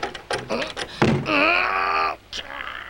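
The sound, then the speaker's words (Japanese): A master key clicks in a door lock, locking the unlocked door, and the door rattles in quick bursts, ending in a solid thunk, followed by a drawn-out, puzzled voiced groan. “どうしたんすか？わざわざ鍵閉めて。”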